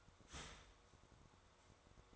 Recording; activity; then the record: daily activity, microphone in the room; start toaster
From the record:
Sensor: 3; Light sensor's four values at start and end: 4/11/4/4 and 4/11/4/4